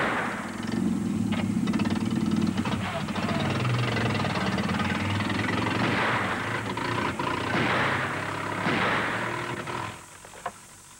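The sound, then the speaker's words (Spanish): An old, junky car parked in front of a house: its engine cranks, sputters and catches, then runs with a rough, loud knocking rumble and uneven revving that fades out near the end. “¿A dónde va con el coche?”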